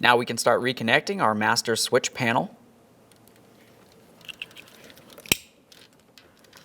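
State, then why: Seated. Someone talks, then wiring harness connectors are reattached to the power window master switch panel in the door of a 1998-2002 Lincoln Navigator. A few faint clicks and handling sounds come from about 4.3 to 4.9 s, followed by a sharp, loud click at 5.3 s as the connectors seat.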